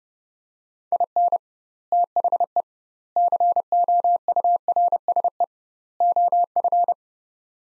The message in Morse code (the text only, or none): IN THE COURSE OF